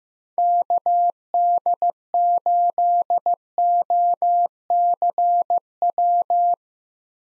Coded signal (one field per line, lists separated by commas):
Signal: Morse code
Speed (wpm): 15 wpm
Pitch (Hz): 700 Hz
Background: none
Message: KD8OCW